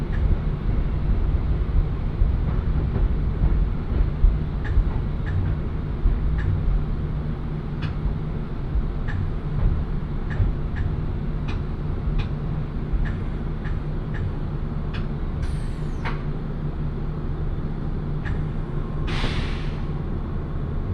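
A train ride heard from inside the carriage: a steady, dense low rumble with a humming drone underneath. Sharp clicks of wheels over rail joints tick past irregularly throughout, and two bright hissing bursts, like brakes releasing air, come near 15 and 19 seconds.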